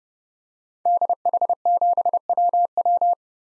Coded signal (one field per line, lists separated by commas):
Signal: Morse code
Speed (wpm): 32 wpm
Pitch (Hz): 700 Hz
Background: none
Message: DH7WW